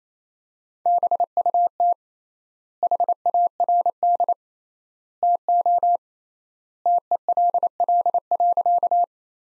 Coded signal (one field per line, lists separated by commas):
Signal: Morse code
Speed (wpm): 28 wpm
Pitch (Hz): 700 Hz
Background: none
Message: BUT HARD TO TELL.